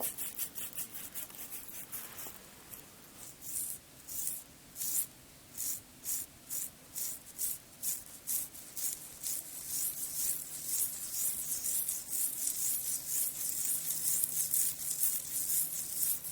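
Skin care sounds made of repeated brushing and scrubbing strokes, bright and hissy, each lasting about a fraction of a second. The strokes start quick and light, slow into a steady rhythm of roughly two per second, then blur into dense continuous rubbing with a low hum underneath.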